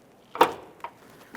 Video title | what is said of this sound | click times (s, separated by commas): How to Replace Trunk Lid Lift Supports 2009-2014 Nissan Maxima | Once you've heard the audible click, go ahead and give it a little tug. | 0.4 s